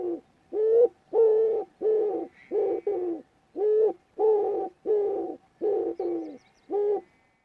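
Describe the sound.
Bird giving a steady series of many husky, low cooing notes with small gaps between them.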